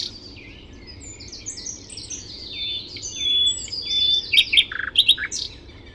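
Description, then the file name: Common nightingale singing overlapping high whistled phrases and chirps, then a loud stretch of pure whistles followed by rapid clicking, stuttering notes near the end. "Luscinia megarhynchos"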